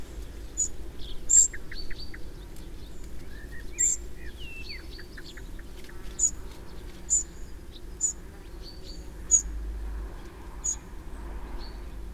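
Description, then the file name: Eurasian wren giving sharp, high ticking calls at uneven intervals, with another bird's slurred whistles and short trills behind and a low steady rumble. "Troglodytes troglodytes"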